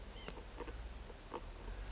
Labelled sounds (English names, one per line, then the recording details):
White-breasted Nuthatch
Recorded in Sonoma County, California